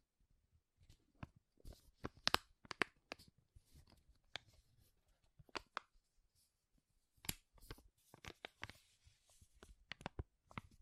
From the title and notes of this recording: ASMR Powerful Crinkles to Make You Tingle (No Talking).